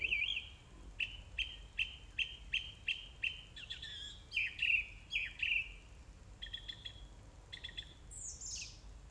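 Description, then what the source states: Song thrush song: a clipped note repeated about seven times in steady rhythm, then varied trilled phrases and a high squeak. Recorded 4 May 2021 at 20:35.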